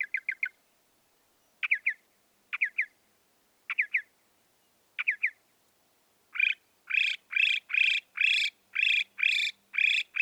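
Northern mockingbird song: short groups of quick notes repeated several times, then a steady series of harsher rasping notes about every half second.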